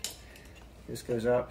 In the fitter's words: pinch and it locks into place